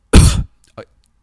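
One deliberate cough from an adult, made into the microphone: a sharp loud burst with a brief soft sound after it.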